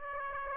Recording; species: mosquito wingbeat signal from an infrared sensor; Aedes aegypti